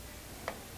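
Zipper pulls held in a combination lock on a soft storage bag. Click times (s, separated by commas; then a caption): 0.5 s. The lever on the combination lock of a Mana smell-proof soft storage bag is moved, and the lock releases the zipper pulls held in it. A single short, sharp tick sounds at 0.5 s over a quiet background. The zipper pulls come free.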